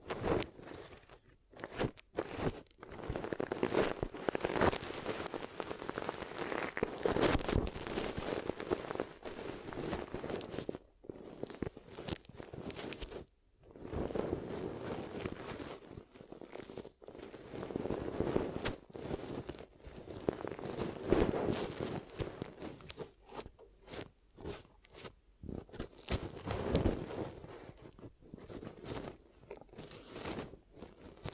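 Ear massage and cleaning sounds fill the half-minute with dense, crackly rubbing and soft popping that comes in uneven bursts. Brief silent gaps break it up, most often near the start and between about 23 and 29 seconds, before the rustling resumes.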